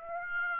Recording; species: mosquito wingbeat signal from an infrared sensor; Aedes aegypti